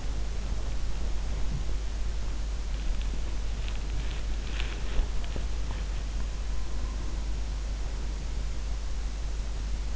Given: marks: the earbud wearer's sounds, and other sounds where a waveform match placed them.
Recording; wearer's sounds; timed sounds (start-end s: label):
sounds in sleep by an in-ear microphone; body movement
0.00-8.41 s: body movement